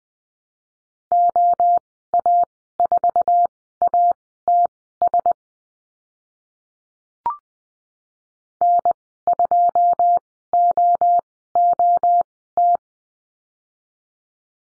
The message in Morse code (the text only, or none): OA4ATS N2OOT